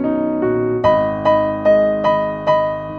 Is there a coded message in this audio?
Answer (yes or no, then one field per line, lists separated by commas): no